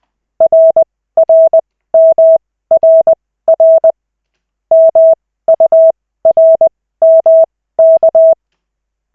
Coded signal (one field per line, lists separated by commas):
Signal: Morse code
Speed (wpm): 20 wpm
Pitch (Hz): 650 Hz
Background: none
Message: RRMRR MURMK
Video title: Koch 3/40, 14.12.2024, 2nd CW practice session